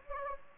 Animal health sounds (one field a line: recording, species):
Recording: mosquito wingbeat signal from an infrared sensor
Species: Anopheles gambiae